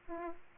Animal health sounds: mosquito wingbeat signal from an infrared sensor; Aedes aegypti

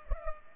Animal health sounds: mosquito wingbeat signal from an infrared sensor; Culex pipiens

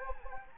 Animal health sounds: mosquito wingbeat signal from an infrared sensor; Anopheles gambiae

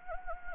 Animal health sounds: mosquito wingbeat signal from an infrared sensor; Anopheles gambiae

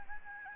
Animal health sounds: mosquito wingbeat signal from an infrared sensor; Aedes albopictus

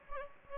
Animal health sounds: mosquito wingbeat signal from an infrared sensor; Anopheles gambiae

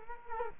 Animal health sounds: mosquito wingbeat signal from an infrared sensor; Culex quinquefasciatus

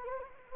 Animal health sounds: mosquito wingbeat signal from an infrared sensor; Anopheles gambiae

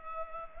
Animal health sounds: mosquito wingbeat signal from an infrared sensor; Culex pipiens

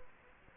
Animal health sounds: mosquito wingbeat signal from an infrared sensor; Culex quinquefasciatus

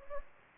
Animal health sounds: mosquito wingbeat signal from an infrared sensor; Anopheles gambiae

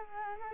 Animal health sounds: mosquito wingbeat signal from an infrared sensor; Culex quinquefasciatus

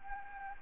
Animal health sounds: mosquito wingbeat signal from an infrared sensor; Anopheles gambiae

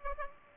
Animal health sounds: mosquito wingbeat signal from an infrared sensor; Aedes aegypti

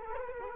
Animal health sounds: mosquito wingbeat signal from an infrared sensor; Culex quinquefasciatus

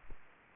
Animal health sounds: mosquito wingbeat signal from an infrared sensor; Culex quinquefasciatus

